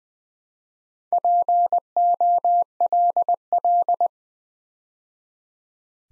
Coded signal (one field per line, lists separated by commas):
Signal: Morse code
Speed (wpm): 20 wpm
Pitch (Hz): 700 Hz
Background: none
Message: POLL